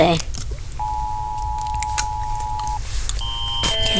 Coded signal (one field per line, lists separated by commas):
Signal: Emergency Alert System (SAME) tones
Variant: 853 and 960 Hz attention tone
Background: speech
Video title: EAS Alarms scale 0/10